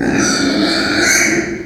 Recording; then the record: squeal of a Yucatan mini pig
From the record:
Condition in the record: before surgery on the right vocal fold (resection and tissue-engineered implant); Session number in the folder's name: 3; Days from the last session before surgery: 0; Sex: female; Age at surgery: 19 weeks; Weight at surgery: 25 kg